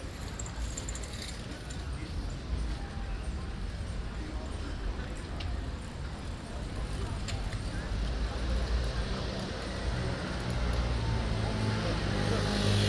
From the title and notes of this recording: Rond De Grote Kerk Den Haag. Een zonnige zaterdagsmiddag rond de Grote Kerk in Den Haag. The actual street name is Rond de Grote Kerk which means ‘Around the big church’. A sunny Saturday afternoon around the big church in The Hague.